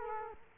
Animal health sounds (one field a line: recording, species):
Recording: mosquito wingbeat signal from an infrared sensor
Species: Culex quinquefasciatus